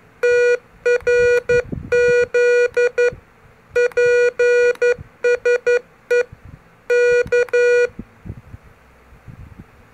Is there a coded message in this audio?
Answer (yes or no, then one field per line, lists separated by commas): yes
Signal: Morse code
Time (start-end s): 0.2-7.9 s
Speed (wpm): 11 wpm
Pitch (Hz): 480 Hz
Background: none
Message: TRZ PSE K